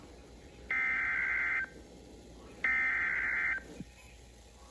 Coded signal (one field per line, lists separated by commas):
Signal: Emergency Alert System (SAME) tones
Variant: header bursts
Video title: A BORING NPT, AND A FEW ALERTS! EAS Alert Captures from 10/1/2023 - 10/5/2023! [EAS #1,947 - #1,961]